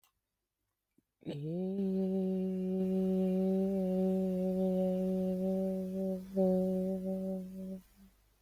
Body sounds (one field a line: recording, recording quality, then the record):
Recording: sustained vowel as in made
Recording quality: excellent, no background noise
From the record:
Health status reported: healthy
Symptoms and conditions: none ticked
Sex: female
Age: 37 years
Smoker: not ticked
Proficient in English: yes